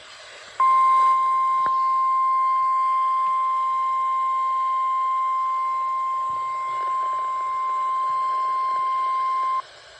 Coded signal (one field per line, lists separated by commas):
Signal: Emergency Alert System (SAME) tones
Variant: 1050 Hz attention tone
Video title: RANDOM TORNADO OUTBREAK! March 14th EAS Alerts (EAS #1,892 - 1,897)